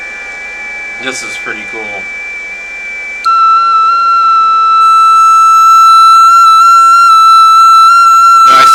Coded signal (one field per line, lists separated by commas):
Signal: FT8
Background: speech